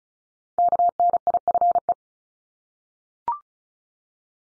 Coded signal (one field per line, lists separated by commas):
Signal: Morse code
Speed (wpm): 36 wpm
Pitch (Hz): 700 Hz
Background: none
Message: KNIFE